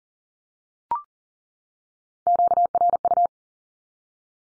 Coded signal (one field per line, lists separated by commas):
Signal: Morse code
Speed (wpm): 40 wpm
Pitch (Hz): 700 Hz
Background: none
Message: QRU